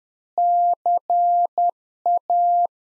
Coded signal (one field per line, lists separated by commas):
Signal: Morse code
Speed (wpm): 10 wpm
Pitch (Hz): 700 Hz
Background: none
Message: CA